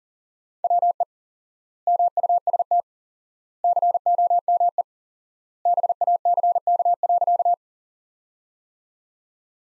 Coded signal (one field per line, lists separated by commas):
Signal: Morse code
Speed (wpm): 40 wpm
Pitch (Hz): 700 Hz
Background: none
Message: WE MUST COME BACK.